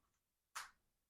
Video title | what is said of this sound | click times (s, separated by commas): How to Test Blood Sugar with Glucose Meter | And you hear that? That click. | 0.6 s